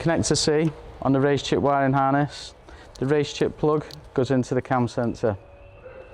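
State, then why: Not seated. Connector C on a RaceChip tuning module wiring harness is handled on a Mercedes A45 S AMG, its plastic plug about to be pushed onto the camshaft sensor, with a grey locking tab to follow. A man talks throughout, and a faint steady tone lingers after he stops. Nothing has seated or clicked yet.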